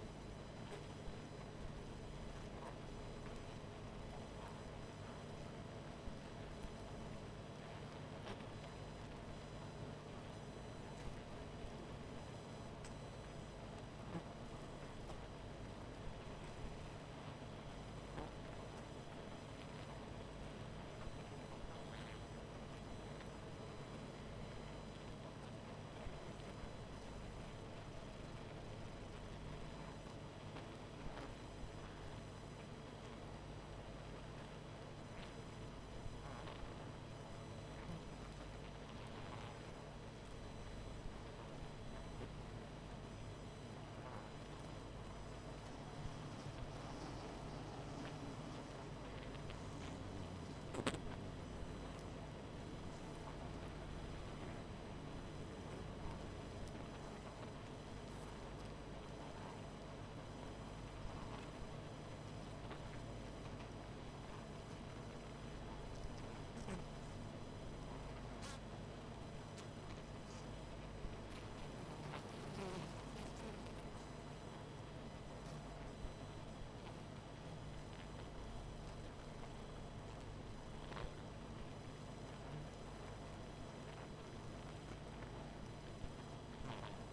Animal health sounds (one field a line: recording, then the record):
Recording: honeybee colony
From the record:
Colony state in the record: missing queen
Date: 14 July 2017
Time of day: 20:25